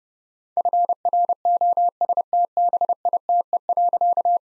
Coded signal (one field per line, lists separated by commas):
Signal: Morse code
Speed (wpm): 32 wpm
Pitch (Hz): 700 Hz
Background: none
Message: FROSTBITE.